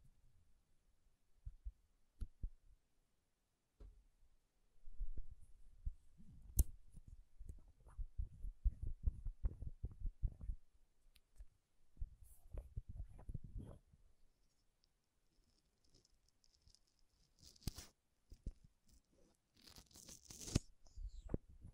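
Makeup tapping and scratching: soft, low, irregular taps come in clustered bursts, densest from about five to fourteen seconds. Brighter scratchy strokes cut in around 17 and 20 seconds, with quiet pauses between the busier stretches.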